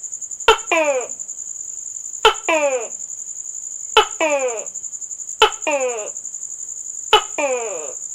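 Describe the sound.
Gecko calls: five calls at regular intervals, each a sharp click followed by harmonic, downward-sliding chirps, over a steady high-pitched whine.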